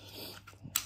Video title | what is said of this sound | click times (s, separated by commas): Quest 3 AliExpress accessories review AMVR Golf Club Table Tennis Lens Cleaning and more | like that, and you hear a positive click, and that pops up, knowing that that's connected. | 0.8 s